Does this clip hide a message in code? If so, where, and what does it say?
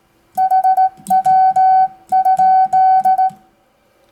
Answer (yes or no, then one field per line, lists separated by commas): yes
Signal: Morse code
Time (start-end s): 0.4-3.3 s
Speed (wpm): 18 wpm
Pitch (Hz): 760 Hz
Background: music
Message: HW?